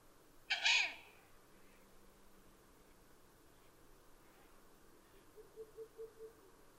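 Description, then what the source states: Owl screech: one harsh, hissing burst about half a second long, followed by a few faint, low, evenly spaced notes under steady background hiss. Recorded on 12 June 2011.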